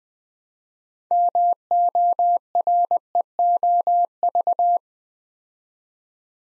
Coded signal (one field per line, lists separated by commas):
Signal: Morse code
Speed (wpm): 20 wpm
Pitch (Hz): 700 Hz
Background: none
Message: MOREOV